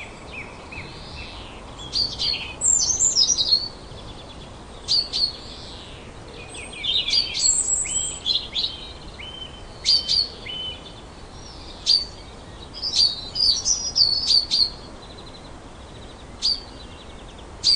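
A robin and babblers call over a steady low background hiss. Bright, sharp chirps and short whistled phrases come every second or so from about two seconds on, busiest near three and fifteen seconds, with a few thin, high trills.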